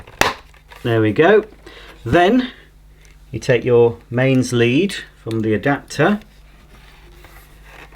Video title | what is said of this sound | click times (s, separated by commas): Shark Wandvac Pet 2 in 1 Cordless Vacuum Cleaner Review & Demonstration | Just push it all the way home. It should click into position. There we go. | 0.2 s